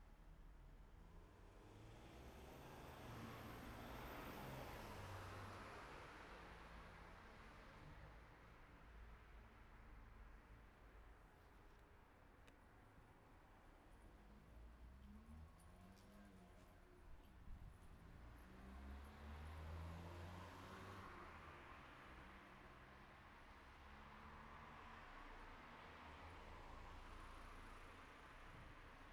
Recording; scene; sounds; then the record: everyday scene through a hearing-aid microphone; in traffic; traffic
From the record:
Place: city secondary road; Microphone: behind the ear, right, rear